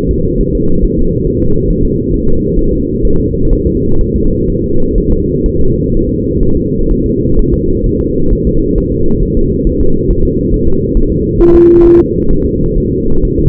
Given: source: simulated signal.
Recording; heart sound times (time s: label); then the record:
fetal heart sounds
0.11 s: S2
0.41 s: S1
0.55 s: S2
0.84 s: S1
0.99 s: S2
1.27 s: S1
1.42 s: S2
1.71 s: S1
1.85 s: S2
2.14 s: S1
2.28 s: S2
2.59 s: S1
2.73 s: S2
3.05 s: S1
3.20 s: S2
3.53 s: S1
3.67 s: S2
4.01 s: S1
4.16 s: S2
4.50 s: S1
4.64 s: S2
4.98 s: S1
5.12 s: S2
5.46 s: S1
5.60 s: S2
5.95 s: S1
6.09 s: S2
6.43 s: S1
6.57 s: S2
6.91 s: S1
7.06 s: S2
7.39 s: S1
7.54 s: S2
7.86 s: S1
8.01 s: S2
8.33 s: S1
8.47 s: S2
8.78 s: S1
8.92 s: S2
9.23 s: S1
9.37 s: S2
9.67 s: S1
9.81 s: S2
10.11 s: S1
10.25 s: S2
10.54 s: S1
10.68 s: S2
10.97 s: S1
11.12 s: S2
11.41 s: S1
11.55 s: S2
11.85 s: S1
12.00 s: S2
12.31 s: S1
12.45 s: S2
12.78 s: S1
12.92 s: S2
13.25 s: S1
13.40 s: S2
From the record:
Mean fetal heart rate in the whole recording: 130 bpm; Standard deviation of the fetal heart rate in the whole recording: 4 bpm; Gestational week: 38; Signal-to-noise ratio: -17.7 dB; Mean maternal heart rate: 72 bpm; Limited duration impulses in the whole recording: present